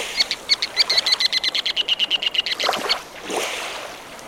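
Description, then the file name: Ruddy turnstone uttering a rapid rattle of crisp, ticking notes for about two seconds, followed by soft rushing noise. "Ruddy Turnstone - Arenaria interpres"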